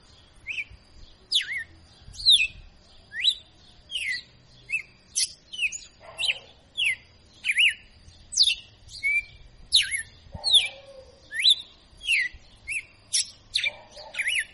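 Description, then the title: Red-cowled cardinal song: a lively, steady series of sharp, downward-slurred whistles in quick succession, with occasional softer lower notes between them. Female; a 'professor' (teacher) bird singing in açoitando style. "Canto Galo Campina Fêmea. Galo de Campina Professor Açoitando ( Uma Verdadeira Máquina )"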